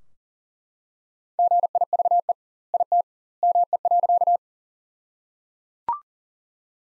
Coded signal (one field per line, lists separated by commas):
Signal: Morse code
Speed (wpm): 37 wpm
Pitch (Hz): 700 Hz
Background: none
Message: GIVE IT ME.